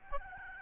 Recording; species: mosquito wingbeat signal from an infrared sensor; Aedes albopictus